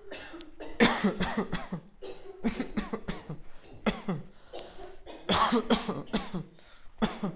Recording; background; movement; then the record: voluntary coughing; a bystander coughing; walking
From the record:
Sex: male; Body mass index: 20.5 kg/m2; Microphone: on the chest, facing outward